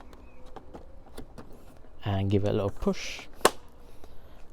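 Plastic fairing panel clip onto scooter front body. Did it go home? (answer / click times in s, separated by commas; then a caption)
yes / 3.5 s. The plastic front fairing panel of a Yamaha XMAX 300 scooter is pushed onto its clip tab on the front body after battery work, while someone talks. After the push, one sharp, loud snap at 3.5 s shows the panel clip has seated in place.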